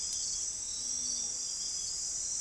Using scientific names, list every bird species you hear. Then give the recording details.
none. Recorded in forest near Pivijay, Magdalena, Colombia, on 5 June 2023 at 04:00. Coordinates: 10.467, -74.380. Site Z5-G034